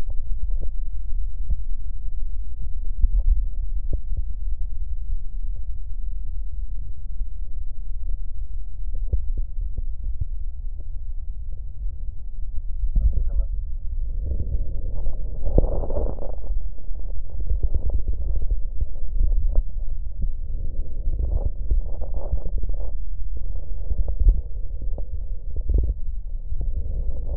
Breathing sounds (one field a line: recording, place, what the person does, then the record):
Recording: lung sounds by stethoscope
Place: left posterior apical chest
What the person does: quiet breathing, then deep breathing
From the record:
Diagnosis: none (healthy)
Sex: male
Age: 35 years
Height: 186 cm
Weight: 108 kg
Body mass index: 31.2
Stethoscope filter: extended mode